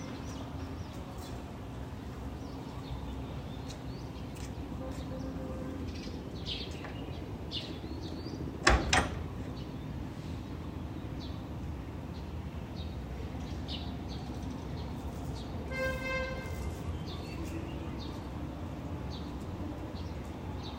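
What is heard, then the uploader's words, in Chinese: Birds call on and off over a steady low rumble, with short chirps and twitters scattered through the clip. A sharp clack cuts in just before nine seconds, and around sixteen seconds a bright, buzzy tone briefly rings out. Murmuring voices and traffic-like noise continue underneath. 这段声音来自于4月23日的早晨。Kidd发来大理清晨的声音。听到陆续传出来的鸟叫声，一只，两只，三只，有的叽叽喳喳，有的布谷布谷。都是用简单的设备录制而成，没有经过太多修饰。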